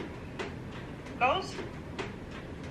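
An autoinjector pen pressed onto skin is held in place while waiting for the second click that marks the end of the dose. Someone talks briefly over a quiet background with a couple of faint short taps. The second click has not happened yet, and nothing has seated.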